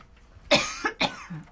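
Two short, harsh coughs about half a second apart from an adult, each an abrupt noisy burst that fades quickly, in a quiet indoor room. An ordinary dry-sounding cough bout with no wheeze or rattle between the bursts, part of frequent coughing lately that is put down to the dry weather.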